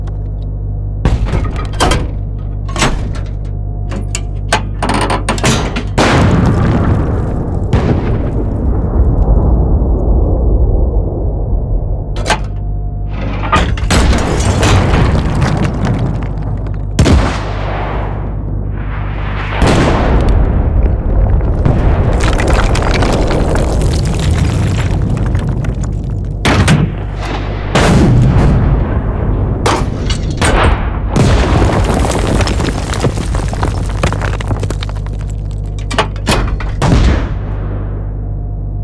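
Tank fire and loud explosions, with sharp blasts arriving every few seconds over a constant deep rumble. Several bursts swell and roll off into long, noisy decays, while crackling debris and mechanical clatter fill the gaps. The low rumble never lets up.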